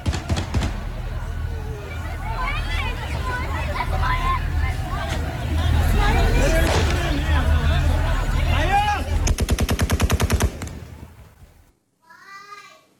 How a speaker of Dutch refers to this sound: was er nog steeds heel veel paniek en chaos bij het vliegveld. Er zijn ook video's online verschenen waarin nog steeds schoten te horen zijn. Mensen die wegrennen, buiten bij de gates aan het rennen en wachten zijn. Daar hebben we ook wat geluid van.